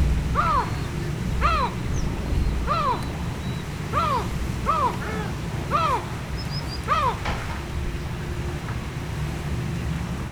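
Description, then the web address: Yellow-legged gull calls: a series of harsh, arched yelping notes, about one per second, each with stacked harmonics, over a steady low rumble. Recorded at fishponds in Hortobágy National Park, Hungary, July 2013. "hortobagyinemzetipark. sargalabusiraly"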